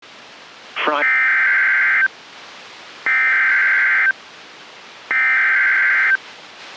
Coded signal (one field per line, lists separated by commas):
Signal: Emergency Alert System (SAME) tones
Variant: header bursts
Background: speech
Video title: Severe Thunderstorm Watch (EAS #19)